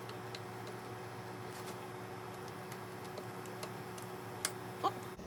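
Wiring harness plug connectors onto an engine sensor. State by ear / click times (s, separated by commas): seated / 0.3 s, 4.5 s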